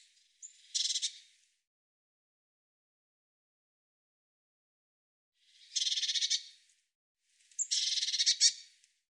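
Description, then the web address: Bird giving short harsh buzzy bursts, three dry rattled phrases of about a second each, the first alone, then two close together after a long silence. "Deverinetal"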